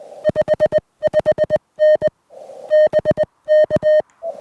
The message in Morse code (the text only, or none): 55N BK